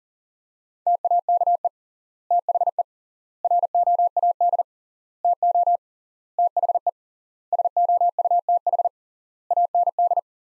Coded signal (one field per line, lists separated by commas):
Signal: Morse code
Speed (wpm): 40 wpm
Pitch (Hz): 700 Hz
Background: none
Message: TAKE THE ROAD TO THE SOUTH AND